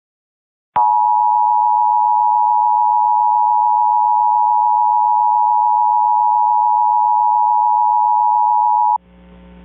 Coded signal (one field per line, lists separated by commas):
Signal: Emergency Alert System (SAME) tones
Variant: 853 and 960 Hz attention tone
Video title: EAS: Pennsylvania Required Monthly Tests (8/20/20)(EAS #447-454)